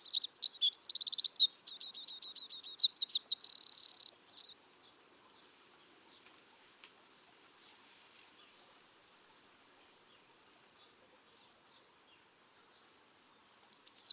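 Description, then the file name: Eurasian wren song of high, hurried trills and a steady buzzy rattle, followed by a long quiet stretch. "Troglodytes troglodytes"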